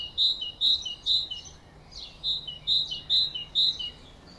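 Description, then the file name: Great tit song: ringing high-low note pairs, about two per second, broken by a brief pause, with faint chirps in the background. "Parus major"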